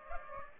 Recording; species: mosquito wingbeat signal from an infrared sensor; Aedes aegypti